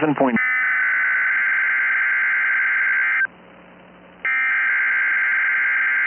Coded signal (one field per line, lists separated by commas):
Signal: Emergency Alert System (SAME) tones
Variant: header bursts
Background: speech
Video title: EAS PDS Severe Thunderstorm Watch Nearly All of Wisconsin NOAA Weather Radio +WeatherSTAR4000